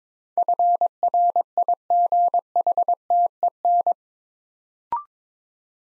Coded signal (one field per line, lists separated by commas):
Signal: Morse code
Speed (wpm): 22 wpm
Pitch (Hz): 700 Hz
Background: none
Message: FRIGHTEN